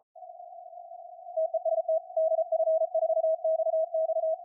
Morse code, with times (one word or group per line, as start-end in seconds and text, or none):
1.4-2.0 TEST
2.2-4.3 DF4XX